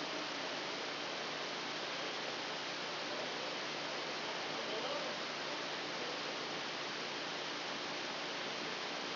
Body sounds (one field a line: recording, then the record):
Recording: brain microelectrode recording played as sound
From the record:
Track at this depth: outside the subthalamic nucleus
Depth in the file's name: 1.113 mm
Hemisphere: left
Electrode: 2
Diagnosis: Parkinson's disease